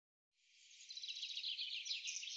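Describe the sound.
Bird calls: a dense, steady stream of thin, high chirps and twitters that builds up in loudness and carries on without pause.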